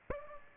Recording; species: mosquito wingbeat signal from an infrared sensor; Aedes aegypti